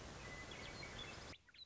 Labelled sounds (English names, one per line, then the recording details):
Western Meadowlark
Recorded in Sonoma County, California